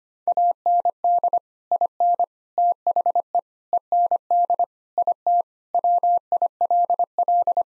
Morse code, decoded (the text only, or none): AND IN THE END IT WILL